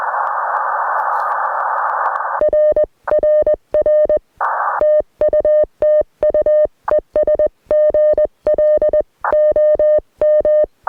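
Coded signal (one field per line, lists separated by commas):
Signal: Morse code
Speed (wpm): 21 wpm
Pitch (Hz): 610 Hz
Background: music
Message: RRR TU TU ES GL OM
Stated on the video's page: Morning QRP Parks on the Air activation with an Elecraft K2, BamaKey TP-III paddle and 40m end-fed half-wave antenna.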